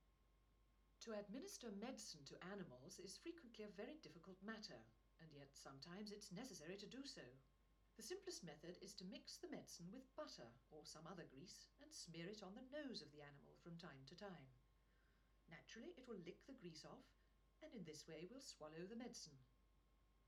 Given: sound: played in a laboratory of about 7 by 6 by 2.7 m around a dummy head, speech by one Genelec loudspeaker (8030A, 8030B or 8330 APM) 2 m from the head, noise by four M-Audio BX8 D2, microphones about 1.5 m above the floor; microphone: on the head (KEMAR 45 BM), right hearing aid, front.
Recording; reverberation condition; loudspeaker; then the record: female speech in English; low; 90 degrees to the right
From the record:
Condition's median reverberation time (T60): about 310 ms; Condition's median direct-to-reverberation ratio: about 3.5 dB